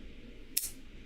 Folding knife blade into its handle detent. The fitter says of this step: You hear that click? Like,